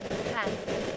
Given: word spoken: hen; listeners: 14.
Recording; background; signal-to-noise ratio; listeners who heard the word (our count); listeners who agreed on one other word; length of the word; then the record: one English word in noise, from a listening test; noise modulated by three-talker babble; -3.9 dB; 0 of 14; 10 of 14; 0.57 s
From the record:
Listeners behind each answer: 10, 1, 1, 1, 1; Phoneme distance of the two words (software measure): 10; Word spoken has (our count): 1 syllable, 3 phonemes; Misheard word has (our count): 1 syllable, 3 phonemes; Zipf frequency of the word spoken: 3.96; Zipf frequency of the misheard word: 4.37